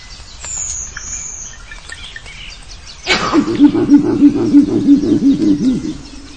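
Wood frog gives low, duck-like clucks that start abruptly halfway through and pulse rapidly and steadily, with a faint high bird whistle at the beginning.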